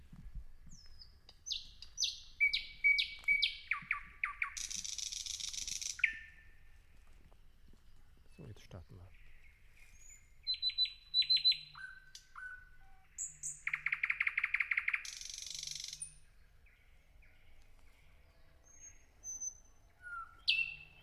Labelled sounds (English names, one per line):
Thrush Nightingale song